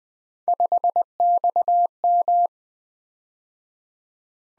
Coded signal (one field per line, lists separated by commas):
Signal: Morse code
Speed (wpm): 19 wpm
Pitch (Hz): 700 Hz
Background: none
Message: 5XM